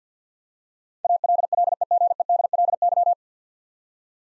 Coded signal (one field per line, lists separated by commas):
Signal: Morse code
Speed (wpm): 49 wpm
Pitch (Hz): 700 Hz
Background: none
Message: ALLEGEDLY